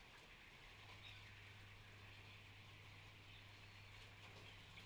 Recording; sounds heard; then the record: poultry house recording; healthy chickens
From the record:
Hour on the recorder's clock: 13